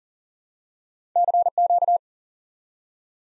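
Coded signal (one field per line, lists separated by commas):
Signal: Morse code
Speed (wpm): 40 wpm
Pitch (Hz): 700 Hz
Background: none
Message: CQ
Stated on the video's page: Morse lesson drilling the QSO element 599 as a single word for instant word recognition.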